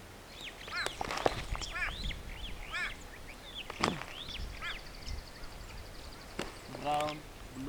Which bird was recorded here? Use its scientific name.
Lamprotornis superbus